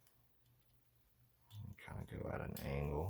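Room noise is broken only by a faint light tick near 0.1 s, and someone talks from about 1.5 s to the end. No crisp snap stands out, so the part is still being fitted, not seated.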